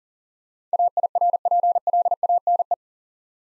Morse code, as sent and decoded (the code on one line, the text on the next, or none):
.- .. .-. .--. .-.. .- -. .
AIRPLANE